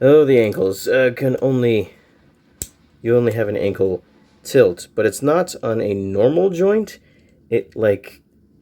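Someone talks while handling the plastic ankle joint of a Transformers Legacy Deluxe Elita-1 robot figure, tilting it toward the position where it clicks into place. A brief sharp tick is heard at about 2.6 seconds between phrases, but the joint has not clicked or seated yet when the clip ends.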